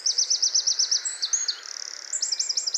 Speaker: Also diese Melodie, das ist der Balzgesang. Und der heißt, ich bin hier und ich suche ein Weibchen. Und falls hier noch andere Buchfinken in der Nähe sind, bleibt auf Abstand, denn das ist hier mein Revier.